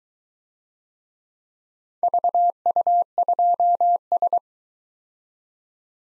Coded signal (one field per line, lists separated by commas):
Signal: Morse code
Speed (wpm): 22 wpm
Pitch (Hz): 700 Hz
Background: none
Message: VU2S